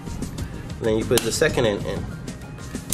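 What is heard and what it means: A desktop RAM module has its second end pressed down into the motherboard memory socket while someone talks over background music. The plastic retention clip snaps shut with a sharp click at 2.9 s, and the module is seated.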